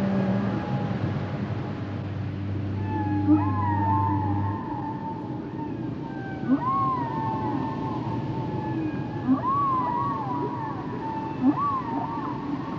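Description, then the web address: Whale song: wavering whistled moans that rise and fall, repeated several times, with a low droning hum in the first part. "Natures Songs Whale Songs Whales and Dolphins - whale nature sounds songs"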